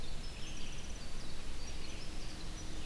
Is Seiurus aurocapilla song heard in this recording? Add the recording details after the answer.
no. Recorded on 21 June 2016 at 05:11. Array SBT-6-76